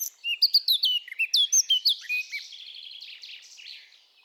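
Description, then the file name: Eurasian blackcap song, a quick burst of bright chattering notes and clear whistles that trails off into a faint, scratchy twitter. "Sylvia atricapilla"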